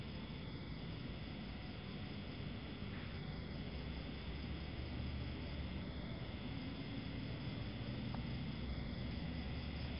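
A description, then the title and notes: Night sounds from a forest beach in Cambodia: a steady, dense low rumble, like surf or a drone, runs unchanged throughout. Over it, a short bright chirping call repeats about every three seconds, with a constant hiss of insects in the background. Cambodia - forest beach night sounds. The sounds of early evening, several streets away from the beach, at the edge of the forest in (Krong Prea) Sihanoukville, Cambodia.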